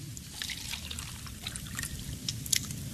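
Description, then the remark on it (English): Water pours steadily into a cup for a few seconds, a continuous gurgling trickle with small bright splashes and a low burbling undertone, with no voices. “Can I get you anything? A cup of water?”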